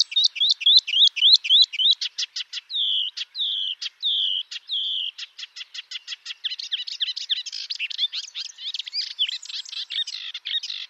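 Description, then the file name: Melodious warbler singing: quick chirps, then a series of clear drawn-out whistled notes and dry ticks, building into a dense, rapid twittering jumble. "Hypolais polyglotte"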